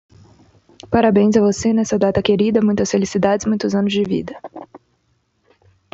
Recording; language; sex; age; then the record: short text; Brazilian Portuguese; female; 20 to 29 years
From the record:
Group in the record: control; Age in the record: 28 years